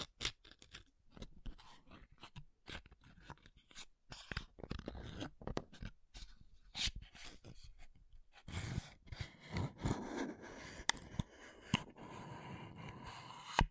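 Makeup tapping and scratching: quick, irregular taps and short scratchy strokes, fairly bright and crisp. After about eight seconds the sound thickens into steadier rubbing and scraping with a low rumble underneath, still punctuated by sharp taps near 11 and 12 seconds.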